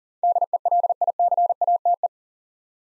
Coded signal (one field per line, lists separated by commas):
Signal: Morse code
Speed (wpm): 37 wpm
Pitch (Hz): 700 Hz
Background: none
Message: DELICATE